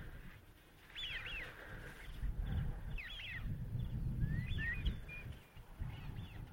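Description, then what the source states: Eurasian wigeon whistles, several sharp rising-falling whew notes, over low rumbling background noise. Many wintering wigeon on the Ribble Estuary marshes, Lancashire, late winter, making a funny whew whew call.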